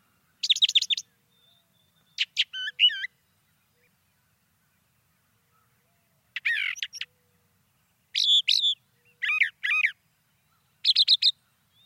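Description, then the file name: Brown thrasher song with separate groups of crisp, high, varied notes, coming in bursts with a long quiet gap in the middle. "suara-kicauan-brown-thrasher 2-omkicau"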